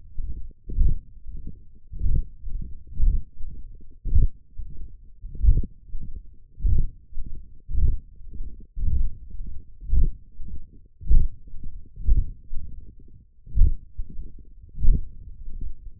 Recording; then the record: forearm muscle sounds (acoustic myography)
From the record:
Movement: hand closing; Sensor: system 1, eight BSWA MPA416 microphones around the upper forearm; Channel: 7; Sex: male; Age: 21 years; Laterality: right